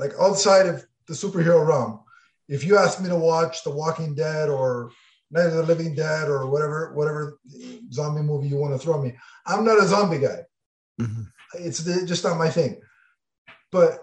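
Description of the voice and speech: An adult man speaks fluently and casually at a relaxed pace, with ordinary voice and clear articulation.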